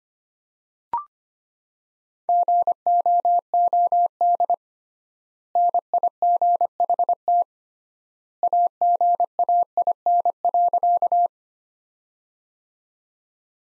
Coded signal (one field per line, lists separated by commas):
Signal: Morse code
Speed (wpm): 25 wpm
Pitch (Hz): 700 Hz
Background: none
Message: GOOD NIGHT AGAIN.